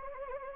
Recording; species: mosquito wingbeat signal from an infrared sensor; Anopheles gambiae